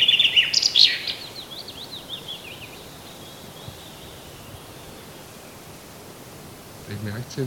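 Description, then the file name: Common chaffinch song phrase of quick, slightly descending notes in the first three seconds, followed by quiet background noise and a brief low sound near the end. "Fringilla coelebs"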